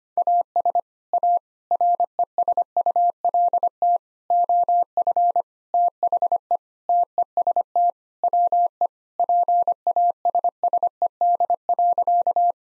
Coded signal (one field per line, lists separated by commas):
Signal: Morse code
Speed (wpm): 25 wpm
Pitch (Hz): 700 Hz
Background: none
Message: AS A RESULT OF THE TEST WE PASSED.